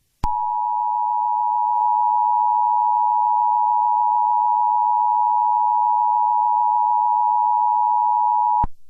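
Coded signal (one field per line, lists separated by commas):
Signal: Emergency Alert System (SAME) tones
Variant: 853 and 960 Hz attention tone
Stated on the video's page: Fictional EAS scenario, not a real alert.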